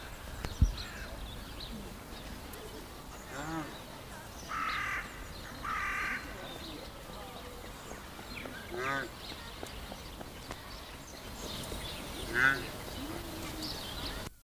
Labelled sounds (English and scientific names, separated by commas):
Indian Rhinoceros (Rhinoceros unicornis) call